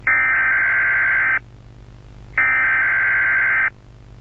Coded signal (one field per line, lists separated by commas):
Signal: Emergency Alert System (SAME) tones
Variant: header bursts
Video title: Playtime Company Laboratory EAS I August 8th 1995 I The Hour of Joy